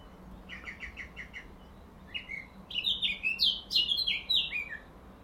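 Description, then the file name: Eurasian blackcap song: a short series of five quick repeated chips, then a louder run of warbled, rising and falling phrases. "Sylvia atricapilla"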